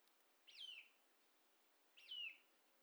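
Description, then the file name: Eurasian nuthatch, two fainter descending call notes about one and a half seconds apart over a soft hiss. "Sitta europaea"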